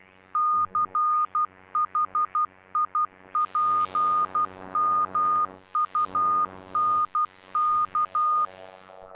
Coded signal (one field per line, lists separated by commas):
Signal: Morse code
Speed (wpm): 12 wpm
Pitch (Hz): 1220 Hz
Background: none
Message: CHIPMUNK